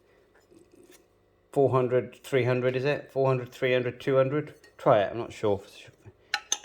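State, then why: Seated. Someone talks while the front control head of a Yaesu FTM-200 radio is pressed into its plastic mounting bracket. Two sharp clicks are heard at 6.3 s and 6.5 s as the control head snaps into place and is seated.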